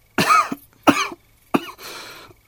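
Three short, harsh acted coughs from an adult man, the last trailing into a breathy exhale: a dry cough, in a man with a mild cold brought on by a change in weather after travelling from his village to the provincial capital.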